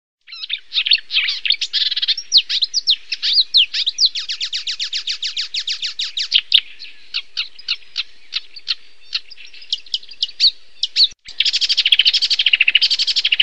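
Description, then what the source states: Marsh Warbler song: a fast run of varied chattering and buzzy notes, then a long series of repeated sharp chips, ending in a dense, rapid burst. Song enriched with phrases of other birds, even species from African wintering grounds; lives in tussocks and weedy thickets.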